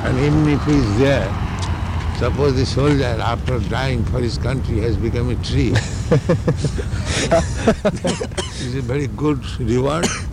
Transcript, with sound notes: And even if he is there, suppose the soldier, after dying for his country, has become a tree, [laughter] is it a very good reward?